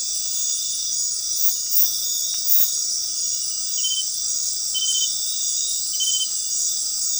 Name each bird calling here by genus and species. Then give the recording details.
none. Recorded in dense forest near Puerto Asís, Putumayo, Colombia, on 20 February 2024 at 19:30. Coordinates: 0.500, -76.322. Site G6465